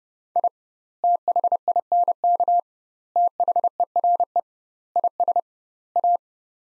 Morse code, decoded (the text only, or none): I THINK THERE IS A